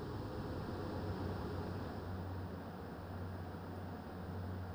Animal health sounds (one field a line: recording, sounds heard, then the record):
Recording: poultry house recording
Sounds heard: no chicken sound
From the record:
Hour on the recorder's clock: 23